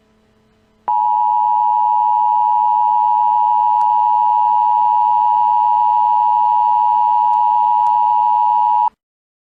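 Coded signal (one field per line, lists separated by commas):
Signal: Emergency Alert System (SAME) tones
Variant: 853 and 960 Hz attention tone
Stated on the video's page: Fictional EAS scenario of a terrorist attack on a Central Pennsylvania mall, made for entertainment.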